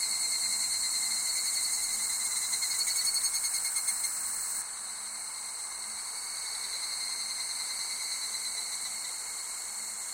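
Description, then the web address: Insect chorus of high shrill bands and fast pulsing, one voice cutting off midway and the drone going on more quietly. Summer ambience of insects recorded in Japan. "Sound Effects-Foundation 1 AMBIENCE JAPANESE SUMMER INSECTS"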